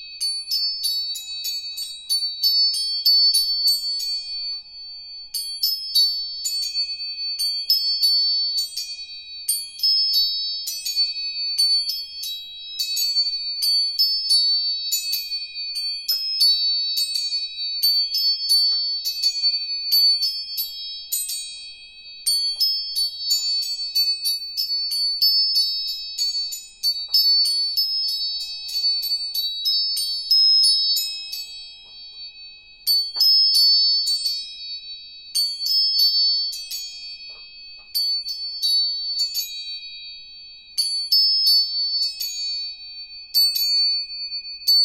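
A tuning fork rings with a steady, clear high tone that holds throughout, while quick, bright metallic taps repeat every second or so in busy runs. Brief pauses in the tapping fall around five, twenty-two and thirty-three seconds; nothing else is heard.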